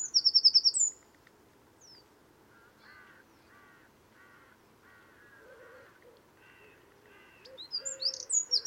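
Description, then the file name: Eurasian wren song fragments, a high rapid trill at the start and again near the end, with softer lower chirping notes from other birds in between. "Troglodytes troglodytes"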